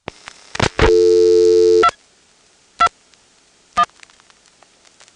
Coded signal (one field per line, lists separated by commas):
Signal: DTMF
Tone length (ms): 70 ms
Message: 2 2 1